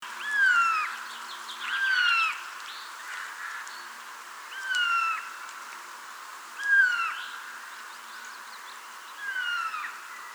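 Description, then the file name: Eurasian jay calls: clear, downslurred whistled notes with harmonics, given singly at intervals of a few seconds, with faint background noise. "Garrulus glandarius"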